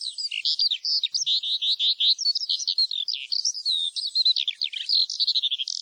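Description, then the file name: Eurasian skylark pouring out a rapid, high chatter of short chirps and slurred whistles in an unbroken flow. "ALLODOLA"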